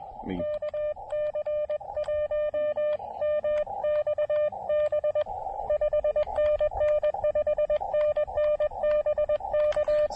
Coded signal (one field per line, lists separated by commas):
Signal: Morse code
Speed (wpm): 20 wpm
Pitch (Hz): 600 Hz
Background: speech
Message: KC1MXB 5NN 5NN BK